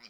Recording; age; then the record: pig call; piglet (1 to 25 days)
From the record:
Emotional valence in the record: positive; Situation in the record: reunion after long isolation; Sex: male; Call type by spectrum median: high-frequency call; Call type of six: low-frequency tonal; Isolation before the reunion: 8 minutes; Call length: 0.09 s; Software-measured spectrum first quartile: 1853 Hz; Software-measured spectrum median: 3806 Hz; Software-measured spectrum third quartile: 5010 Hz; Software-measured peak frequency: 4870 Hz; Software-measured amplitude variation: 129 dB a second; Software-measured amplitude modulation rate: 5.4 a second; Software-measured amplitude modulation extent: 24.1 dB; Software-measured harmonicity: 1.4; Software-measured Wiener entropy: -1.12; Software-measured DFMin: 694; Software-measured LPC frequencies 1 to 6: 1198, 2343, 3037, 4126, 4842, 5423 Hz